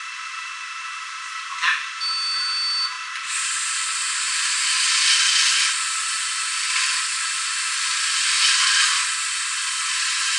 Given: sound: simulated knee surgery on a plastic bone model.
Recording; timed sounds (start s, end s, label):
surgical tools on bone
4.51	5.62	drilling into bone
7.93	9.02	drilling into bone
10.03	10.39	drilling into bone